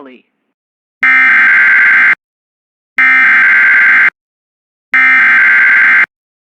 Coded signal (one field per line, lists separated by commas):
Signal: Emergency Alert System (SAME) tones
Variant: header bursts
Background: speech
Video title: EAS #235-238 Mayland Required Weekly Test And 3 Severe Thunderstorm Warnings On WJON-IP